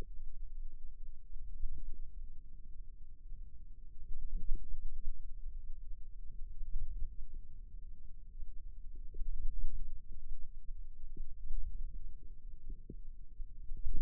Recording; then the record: forearm muscle sounds (acoustic myography)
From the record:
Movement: hand opening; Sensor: system 2, bracelet of six BSWA MPA416 microphones around the upper forearm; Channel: 2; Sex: female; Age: 22 years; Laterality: right